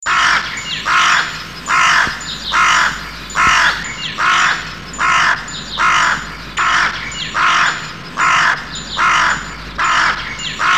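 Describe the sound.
Bird giving harsh, raspy calls in a steady series, roughly one every second, loud and evenly spaced.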